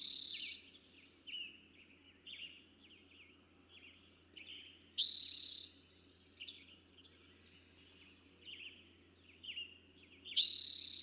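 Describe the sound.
Eastern towhee repeating its trilled song three times, roughly every five seconds. Quieter bird calls continue between the phrases.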